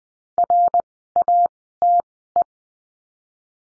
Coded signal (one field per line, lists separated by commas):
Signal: Morse code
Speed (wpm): 20 wpm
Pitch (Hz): 700 Hz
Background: none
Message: RATE